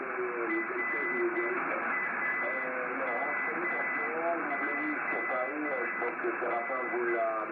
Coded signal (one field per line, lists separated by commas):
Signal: Morse code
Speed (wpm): 8 wpm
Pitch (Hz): 2000 Hz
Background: speech, radio noise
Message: RAMON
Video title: QSO des aînés 🧓 anime par HB3YMM et F4DZG 16/3/2022